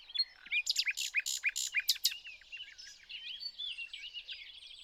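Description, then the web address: Common nightingale song, with sharp repeated notes followed by a soft, continuous warbling passage against faint background noise. "SETE data Luscinia megarhynchos"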